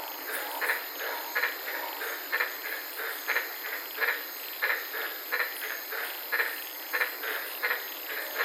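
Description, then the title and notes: White-lipped tree frog repeating short harsh croaks at an uneven rhythm over a steady high hiss. Several frogs calling at night in the Daintree rainforest, Queensland; heard from inside a parked car. "in the Daintree rainforest in Queensland this night and fell asleep listening to these amazing White lipped frogs"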